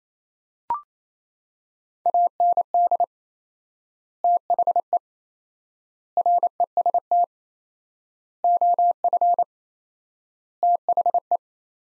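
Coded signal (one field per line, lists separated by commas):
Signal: Morse code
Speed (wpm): 28 wpm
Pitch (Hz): 700 Hz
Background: none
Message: AND THE REST OF THE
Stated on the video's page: Morse code practice of five-word sets at 28 wpm with 4x word spacing, a Farnsworth-like method using words, each set sent, spoken, then resent.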